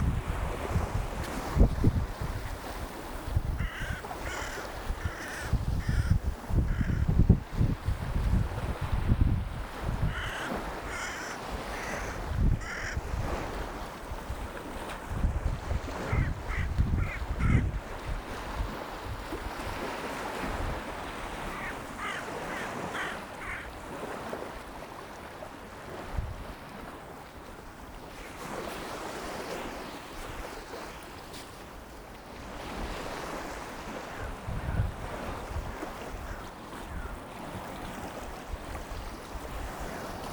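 Surf washes steadily along a beach under gusting wind, with heavy low rumbles and wind buffeting the microphone during the first twenty seconds. Bright bursts that could be shrieks or calls break through now and then, and the later half settles into a softer, more even wash of waves.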